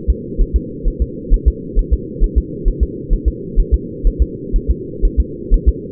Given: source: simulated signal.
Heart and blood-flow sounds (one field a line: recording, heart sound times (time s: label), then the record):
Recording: fetal heart sounds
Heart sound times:
0.10 s: S2
0.41 s: S1
0.56 s: S2
0.88 s: S1
1.02 s: S2
1.34 s: S1
1.48 s: S2
1.79 s: S1
1.93 s: S2
2.24 s: S1
2.38 s: S2
2.68 s: S1
2.83 s: S2
3.13 s: S1
3.28 s: S2
3.60 s: S1
3.74 s: S2
4.07 s: S1
4.22 s: S2
4.56 s: S1
4.70 s: S2
5.05 s: S1
5.20 s: S2
5.54 s: S1
5.69 s: S2
From the record:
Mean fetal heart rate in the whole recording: 130 bpm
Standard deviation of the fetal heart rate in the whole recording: 4 bpm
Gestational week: 38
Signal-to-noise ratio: -4.1 dB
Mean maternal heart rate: no maternal heart sound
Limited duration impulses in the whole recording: absent